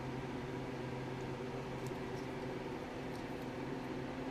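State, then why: Not seated. A wiring harness connector is lined up and started into its socket on a Patton Machine carburetor-to-fuel-injection conversion of a TR6 engine, before being pushed home. A steady low hum fills the clip, with a few faint, light handling ticks. Nothing has seated or clicked yet.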